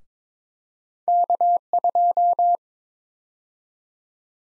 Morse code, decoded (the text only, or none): K2